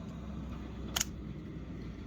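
A plastic electrical connector fitting for the brake fluid level sensor is pushed into a new brake master cylinder on a 1987–1996 Ford F-150, oriented with its three exposed pins facing up. A sharp double click at 0.97 s and 1.0 s rises above a steady low background hum. The fitting snaps and seats into place.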